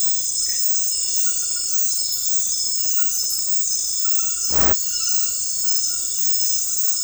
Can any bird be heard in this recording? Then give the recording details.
no. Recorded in dense forest near Puerto Asís, Putumayo, Colombia, on 18 February 2024 at 01:00. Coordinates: 0.484, -76.317. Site G6464